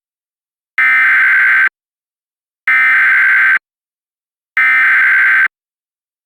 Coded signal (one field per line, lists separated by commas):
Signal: Emergency Alert System (SAME) tones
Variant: header bursts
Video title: EAS Partial Reenactment Mock: This happened while WXK26 Out of Service - 08/15/2022